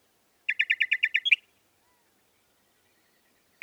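Northern mockingbird song: one quick series of seven rapid rattling notes ending in a sharper note, followed by silence and a single further note.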